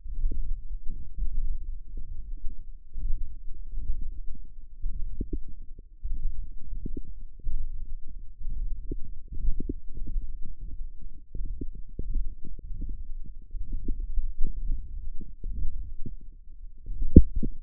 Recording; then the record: forearm muscle sounds (acoustic myography)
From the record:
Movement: hook grip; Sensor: system 1, eight BSWA MPA416 microphones around the upper forearm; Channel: 8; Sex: male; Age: 23 years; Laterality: right